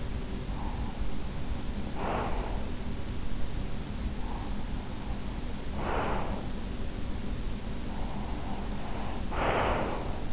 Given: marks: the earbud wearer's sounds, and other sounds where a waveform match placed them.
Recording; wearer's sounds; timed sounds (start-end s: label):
sounds in sleep by an in-ear microphone; breath
0.41-2.74 s: breath
4.00-6.88 s: breath
7.53-10.33 s: breath